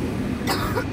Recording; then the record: coughing mixed with background sound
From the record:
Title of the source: choking, hacking coughing